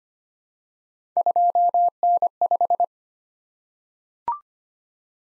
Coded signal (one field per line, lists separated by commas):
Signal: Morse code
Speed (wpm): 25 wpm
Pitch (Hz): 700 Hz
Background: none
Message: 2N5